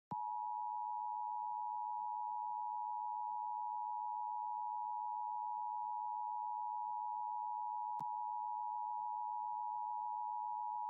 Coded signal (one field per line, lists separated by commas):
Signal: Emergency Alert System (SAME) tones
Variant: 853 and 960 Hz attention tone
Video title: LIVE AM/MW DX: DX Central Live - S. 3, Ep. 10 | Friday, November 25, 2022 | MWFC: 1310 & 774 kHz